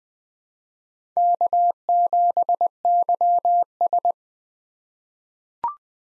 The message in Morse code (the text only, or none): K7YS